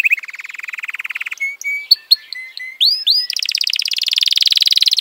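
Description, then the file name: Canary song: a fast buzzy trill, then a few separate upslurred whistles and sharp notes, ending in a long, steady, high-pitched rolling trill. "kenari"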